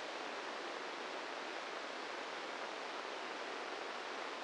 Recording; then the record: brain microelectrode recording played as sound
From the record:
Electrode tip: inside the subthalamic nucleus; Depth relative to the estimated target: -4 mm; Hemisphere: left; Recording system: NeuroSet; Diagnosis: Parkinson's disease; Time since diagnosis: 8 years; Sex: male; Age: 46 years